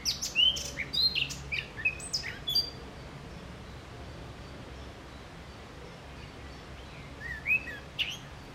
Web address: SETE Sylvia atricapilla